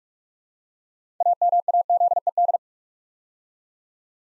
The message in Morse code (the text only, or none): AMAZED